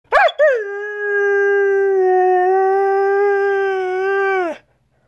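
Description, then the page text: Siberian Husky gives two short yelps, then one long, steady, tonal howl that holds for about four seconds and drops away at the end. "Siberian Husky howl Klingelton auf MELOBOOM"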